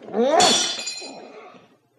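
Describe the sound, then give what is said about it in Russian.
A glass carafe smashes with a sharp, bright crash, followed by a shower of high tinkling shards that ring and scatter for over a second before fading out. “Разбил графин, и тебя разобью.”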